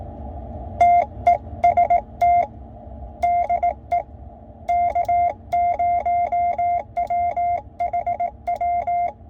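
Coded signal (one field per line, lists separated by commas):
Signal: Morse code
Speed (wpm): 18 wpm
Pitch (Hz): 700 Hz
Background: none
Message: TEST DE K0WHW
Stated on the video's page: Transmit power test of a QRP Labs QMX QRP transceiver kit.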